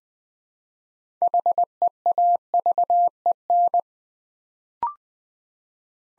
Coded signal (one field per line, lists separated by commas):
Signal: Morse code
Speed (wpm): 20 wpm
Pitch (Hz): 700 Hz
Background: none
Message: HEAVEN